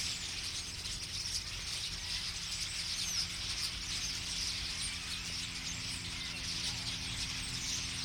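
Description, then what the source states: Common starling flock chattering, a dense mix of high whistles, squeaks and buzzy notes, with scattered clearer chirps above a low hum. Flock singing in a tree at Boldixumstieg, Nieblum, Germany; Zoom H3-VR ambisonic recording rendered binaural.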